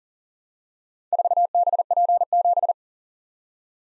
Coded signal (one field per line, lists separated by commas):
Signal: Morse code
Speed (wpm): 39 wpm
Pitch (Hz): 700 Hz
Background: none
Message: 4BP7